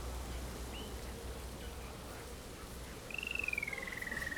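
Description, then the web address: Bird, whistled call: one long clear note that rises briefly then slides gently down, plus a faint short whistle earlier, set against low rumble and rustling background. Daytime backyard in a small town in Ethiopia, with distant traffic and leaves in the wind. "Creative Audio Pool - MOTHERLAND ETHIOPIA DAYTIME, SMALL TOWN, BACKYARD, BIRDS"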